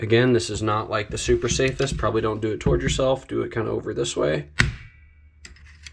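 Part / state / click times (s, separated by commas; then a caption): spring-loaded mechanism part coming out of a cable stapler / released / 5.4 s. Someone talks while prying a spring-loaded part out of a Dewalt cable stapler during disassembly, pointing it away from himself since the method is not the safest. The part pops free with a sharp snap at 5.5 s, followed by a few faint ticks. Afterward the mechanism is under much less spring tension.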